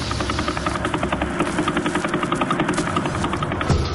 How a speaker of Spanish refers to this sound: Una vez descodificado, descubren un fichero de sonido desconcertante. Un clip repetitivo con una serie de tonos escalofriantes sobre un siseo áspero.